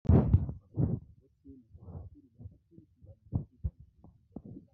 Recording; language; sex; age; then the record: short text; Brazilian Portuguese; male; 30 to 39 years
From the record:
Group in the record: control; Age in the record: 32 years